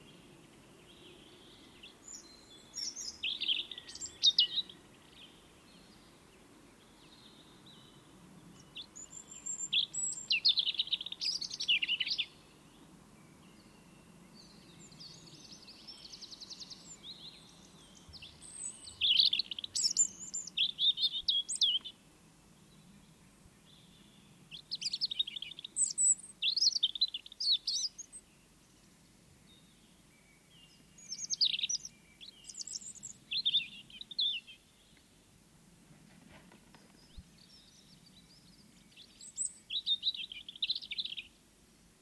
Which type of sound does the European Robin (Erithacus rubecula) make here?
song